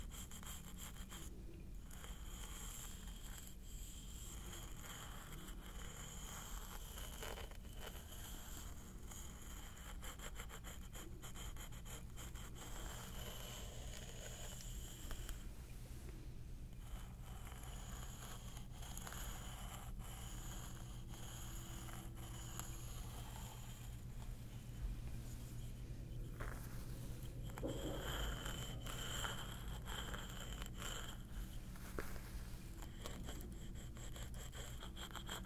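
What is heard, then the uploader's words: A scalp massage: steady, dense rubbing and scratching of fingers through hair, with quick regular strokes running throughout. A constant low hum sits underneath, and a few brief clicks and short brighter scrapes appear around the middle and near 26–28 seconds. ASMR Stress Relieving Scalp Massage ASMR.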